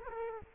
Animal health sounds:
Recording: mosquito wingbeat signal from an infrared sensor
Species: Culex quinquefasciatus

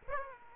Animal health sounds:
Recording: mosquito wingbeat signal from an infrared sensor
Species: Aedes aegypti

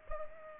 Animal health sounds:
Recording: mosquito wingbeat signal from an infrared sensor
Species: Culex pipiens

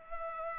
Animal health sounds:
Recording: mosquito wingbeat signal from an infrared sensor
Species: Culex pipiens

